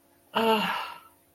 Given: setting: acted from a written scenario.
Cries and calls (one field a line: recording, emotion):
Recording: vocal sound without words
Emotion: embarrassment